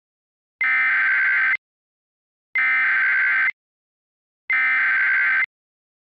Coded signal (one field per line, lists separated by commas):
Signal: Emergency Alert System (SAME) tones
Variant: header bursts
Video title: EAS Recreation (10/25/24): Arizona Silver Alert (ADR)